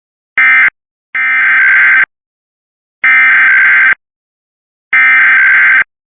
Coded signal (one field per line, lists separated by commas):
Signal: Emergency Alert System (SAME) tones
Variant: header bursts